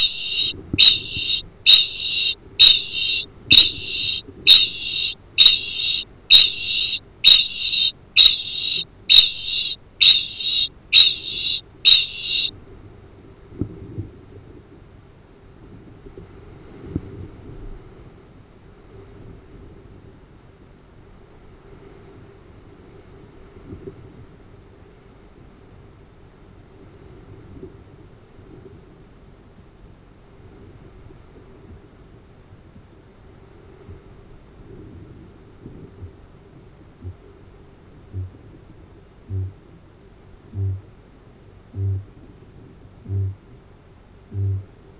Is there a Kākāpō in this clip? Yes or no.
yes